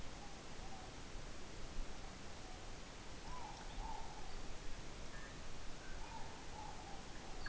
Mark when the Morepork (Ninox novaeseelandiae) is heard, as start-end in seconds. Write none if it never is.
0.11-0.86, 3.15-4.09, 5.92-7.46